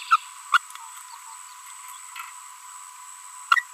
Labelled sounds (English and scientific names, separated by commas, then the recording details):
Green-rumped Parrotlet (Forpus passerinus) babbling
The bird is a female
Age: 24 days
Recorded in a nest box in Venezuela
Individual 17B42B1